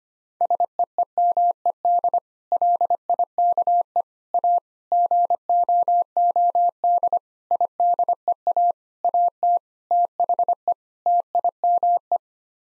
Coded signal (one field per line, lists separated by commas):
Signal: Morse code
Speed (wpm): 25 wpm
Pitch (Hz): 700 Hz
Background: none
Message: SEEMED LIKE A GOOD IDEA AT THE TIME